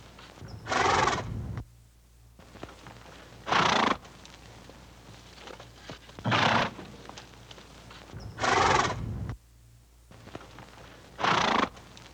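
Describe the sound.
Horses snorting: five loud, rushing breaths, repeated every two to three seconds, with faint movement noises between.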